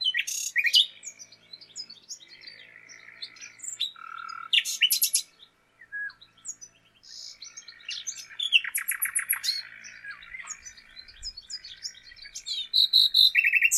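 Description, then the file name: Common nightingale singing a long run of varied phrases, crisp rattles, chirps and a brief whistle, with a short pause midway before more rapid repeated notes. "Luscinia megarhynchos"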